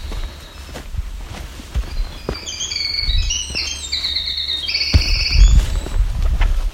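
Winter Wren song: a rapid, high, tumbling run of trills and warbled notes lasting about three seconds, with footsteps crunching along a trail.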